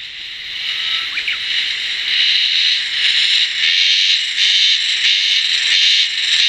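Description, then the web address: Insect producing a continuous, dense, high-pitched buzzing drone that pulses slightly in loudness and never pauses. "sikioto insect"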